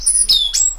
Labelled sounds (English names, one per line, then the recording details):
Stitchbird song
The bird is a male
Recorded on Tiritiri Matangi Island, New Zealand, in 2005
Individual 12, of nest box 16